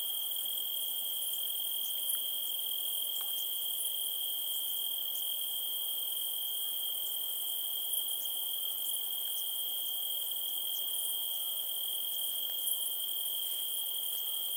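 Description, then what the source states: Cricket giving a steady, high, continuous trill without pause, with fainter higher insect sound above it. Recorded at night in Montenegro.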